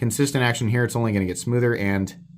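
A steel-handled Alliance Designs / Laconico EZE V2 integral prototype folding knife, running on bearings, has its blade swung toward the closed detent position in the handle while someone talks throughout. The clip ends before the blade reaches its closed detent, so nothing has seated or clicked yet.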